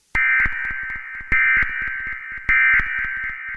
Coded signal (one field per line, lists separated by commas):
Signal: Emergency Alert System (SAME) tones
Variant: end-of-message bursts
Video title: EAS Scenario 15: SpongeBob.EXE